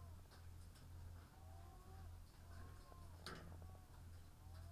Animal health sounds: poultry house recording; sick chickens (respiratory disease)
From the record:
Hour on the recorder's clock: 17

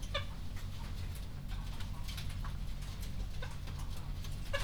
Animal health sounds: poultry house recording; sick chickens (respiratory disease)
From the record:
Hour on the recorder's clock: 21

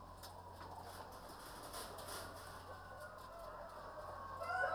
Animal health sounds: poultry house recording; healthy chickens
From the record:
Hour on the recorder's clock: 0

